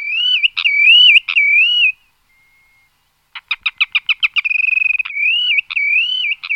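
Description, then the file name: Spotted redshank: undulating whistled phrases, a pause, then a quickening run of clipped notes that runs into more wavering whistles. "vodouš-tmavý"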